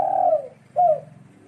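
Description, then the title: Dove with two low mellow coos, the first drawn out and falling, the second shorter after a brief gap. "Canto Da Pomba"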